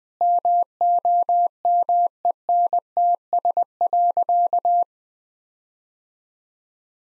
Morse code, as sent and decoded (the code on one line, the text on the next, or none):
-- --- -- . -. - ... .-.-.-
MOMENTS.